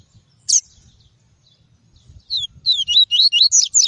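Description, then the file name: Double-collared seedeater: one sharp note, a silence, then a series of several high, curling whistled notes. "Tui-tui" song variety. "canto do papa capim tui tui"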